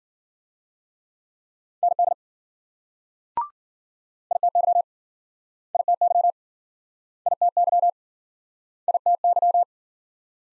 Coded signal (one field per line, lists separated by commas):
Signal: Morse code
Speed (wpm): 51 wpm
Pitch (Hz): 700 Hz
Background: none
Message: ND ITY ITY ITY ITY